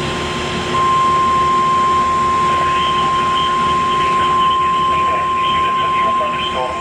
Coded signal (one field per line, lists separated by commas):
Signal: Emergency Alert System (SAME) tones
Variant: 1050 Hz attention tone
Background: speech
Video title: A CURSED EVENT.... | EAS Alerts from 7/16/24 | EAS#908-1,011